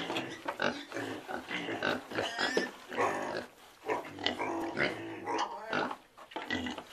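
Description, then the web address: Pigs grunting in a busy, overlapping chorus of short harsh calls, some higher squeaky notes mixed among the lower grunts. A herd of pigs grunting in a pen. "um rebanho de porcos grunhindo no curral"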